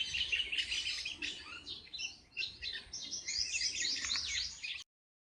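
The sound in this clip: Bird song: a dense jumble of fast chirps and twittering notes, running steadily until it stops abruptly near five seconds.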